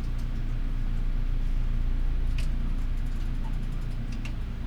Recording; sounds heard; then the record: poultry house recording; healthy chickens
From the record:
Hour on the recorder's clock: 12